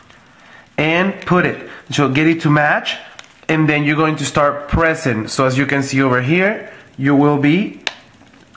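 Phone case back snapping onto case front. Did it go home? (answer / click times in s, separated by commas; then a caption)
yes / 8.5 s. The plastic back half of a Lifeproof waterproof case is pressed onto the front half around an iPhone 4 while someone talks. A short click sounds at 8.6 s as the back snaps onto the front, showing the waterproof case has clicked together and is going in.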